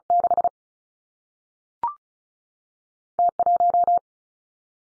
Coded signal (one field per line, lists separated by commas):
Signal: Morse code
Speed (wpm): 36 wpm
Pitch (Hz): 700 Hz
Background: none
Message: 6 T 1